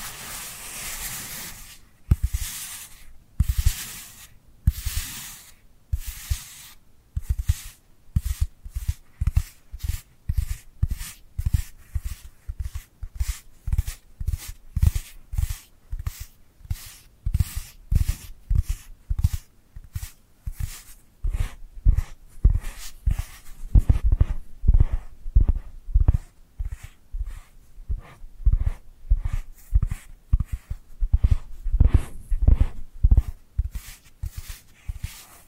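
Dry hand sounds, a quick run of short rubbing and patting strokes that repeat at a steady, fairly fast pace for the whole stretch. The first few seconds have brighter, hissier swipes; after that the strokes turn duller and thumpier, with brief gaps between them.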